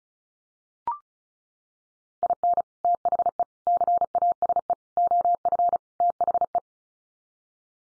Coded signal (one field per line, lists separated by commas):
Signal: Morse code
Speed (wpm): 34 wpm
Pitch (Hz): 700 Hz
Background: none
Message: IN THE CASE OF THE